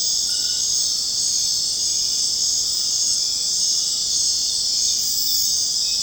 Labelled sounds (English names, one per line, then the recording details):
none
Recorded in secondary vegetation near Puerto Asís, Putumayo, Colombia, on 29 June 2025 at 19:30
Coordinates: 0.484, -76.319
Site G074